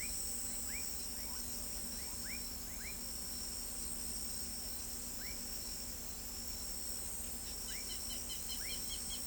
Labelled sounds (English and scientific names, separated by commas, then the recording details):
Southern Lapwing (Vanellus chilensis)
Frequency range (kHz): Southern Lapwing (Vanellus chilensis) 1.7-4.8 kHz
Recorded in pastures near Pivijay, Magdalena, Colombia, on 4 June 2023 at 22:30
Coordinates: 10.456, -74.369
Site P6-G026